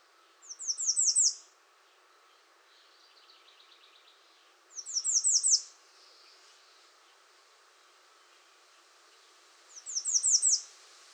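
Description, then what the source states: American redstart song repeated three times, roughly every five seconds, each a burst of high, downslurred notes; a softer buzzy trill sounds between the first two. Recorded 21 June 2019.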